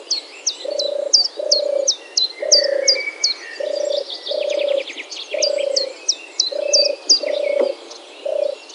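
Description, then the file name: European turtle dove giving soft, rolling purrs in a steady series, each about half a second, beneath busy high chirps and trills from other small birds. Recorded on 4 July 2013. "04 07 2013 Turteltaube"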